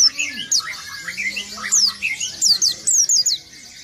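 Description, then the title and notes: White-eye song: high, thin, rapid chirps and sweeping twitters, with a few lower whistled notes and short pauses between bursts. Local name pleci. "Burung Peci. kumpuln pleci terbaru"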